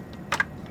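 The plastic retention clips on a memory module's DIMM slot in a Dell PowerEdge R6725 server are pushed outward, giving two sharp snaps at 0.3 s and 0.4 s over a low, quiet background. The clips snap open and release the memory module from its slot.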